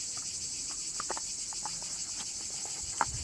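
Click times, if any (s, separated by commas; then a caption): 3.0 s. During an oil service on a 2.0 TDI engine (Tiguan, Golf, A3, A4), a new oil filter element is pushed into its plastic housing cap. Faint handling taps over a steady high-pitched hiss lead to one sharp click at 3.0 s. The element is then firmly engaged in the cap and cannot be pulled out easily.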